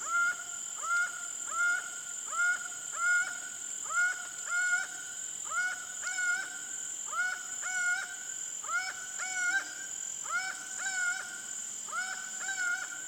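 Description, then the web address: Laughing falcon in a long rhythmic series: single nasal notes at first, then doubled notes repeated steadily, against a continuous shrill insect hum. Pantanal, Brazil. "sescpantanal Acaua"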